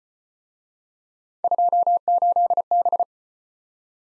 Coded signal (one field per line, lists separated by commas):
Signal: Morse code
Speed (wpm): 33 wpm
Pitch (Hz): 700 Hz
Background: none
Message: 28B